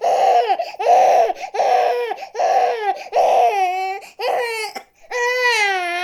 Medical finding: Human sounds baby crying.